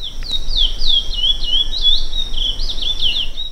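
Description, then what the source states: Chestnut-bellied Seed-Finch song: a flowing series of high, clear whistles sliding down and up in smooth waves, continuous for over three seconds. Amazonas bird, showing a regional accent of the song; species is distributed across Brazil.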